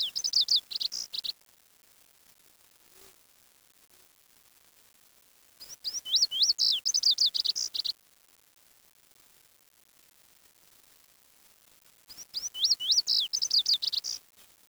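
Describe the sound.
Bird calls in three bursts of rapid, high, chirping notes, separated by quiet gaps of several seconds.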